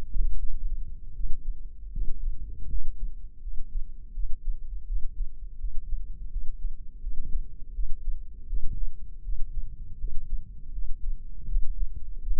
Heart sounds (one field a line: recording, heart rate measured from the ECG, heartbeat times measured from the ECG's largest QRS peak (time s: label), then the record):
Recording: heart sounds by microphone in the left ear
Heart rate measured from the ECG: 81 bpm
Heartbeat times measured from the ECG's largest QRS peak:
0.37 s: heartbeat
1.14 s: heartbeat
1.91 s: heartbeat
2.68 s: heartbeat
3.41 s: heartbeat
4.13 s: heartbeat
4.86 s: heartbeat
5.58 s: heartbeat
6.30 s: heartbeat
7.01 s: heartbeat
7.73 s: heartbeat
8.47 s: heartbeat
9.23 s: heartbeat
9.99 s: heartbeat
10.72 s: heartbeat
11.47 s: heartbeat
12.21 s: heartbeat
From the record:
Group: healthy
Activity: rest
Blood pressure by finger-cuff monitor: 170/89 mmHg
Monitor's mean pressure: 106 mmHg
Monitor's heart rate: 82 bpm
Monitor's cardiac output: 8.1 L/min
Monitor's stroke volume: 101 mL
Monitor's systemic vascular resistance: 980 dyn s/cm5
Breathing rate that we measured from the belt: 17 breaths a minute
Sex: male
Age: 57 years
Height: 188 cm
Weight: 106 kg